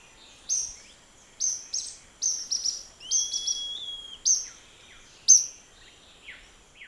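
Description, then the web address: Spotted tody-flycatcher song: short, sharp, high chips given singly and in quick pairs at uneven intervals. "chants todirostrum maculatum"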